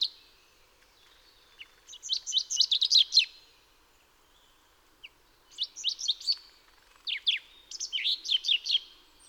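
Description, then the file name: Common chaffinch singing repeated phrases of quick, high chirps, three bursts with quiet pauses between. "Fringilla coelebs"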